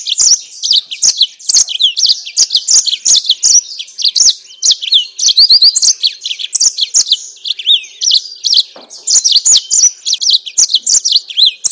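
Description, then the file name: Yellow-fronted canary singing nonstop, dense high twittering with rapid trills and sliding whistled notes, varied and energetic throughout. Mozambique singer used for training captive birds. "mozambik omkicau"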